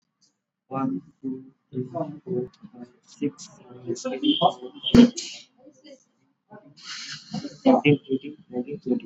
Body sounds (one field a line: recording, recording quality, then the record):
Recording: counting at a normal pace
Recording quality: poor, much background noise or distortion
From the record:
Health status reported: exposed to COVID-19, no respiratory illness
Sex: male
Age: 22 years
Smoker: no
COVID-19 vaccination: both doses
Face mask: not worn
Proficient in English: yes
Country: India